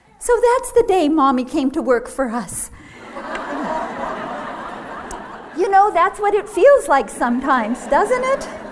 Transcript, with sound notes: so that's the day Mommy came to work for us!" [laughter] You know, that's what it feels like sometimes, doesn't it?